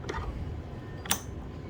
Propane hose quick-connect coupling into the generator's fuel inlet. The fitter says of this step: and i hear that click i know if you heard it